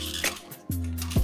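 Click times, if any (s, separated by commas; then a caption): none. Someone handles the flush valve weight of a toilet cistern's flush mechanism, fitting it to one side first before pushing it on, with brief handling knocks near 0.2 s and a louder one near 1.2 s over a steady low hum. Nothing has seated or clicked into place yet.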